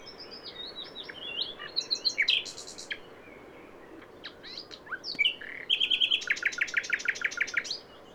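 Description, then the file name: Common nightingale song, varied chirps and whistles, then a fast, loud series of repeated notes in the second half. "Luscinia megarhynchos"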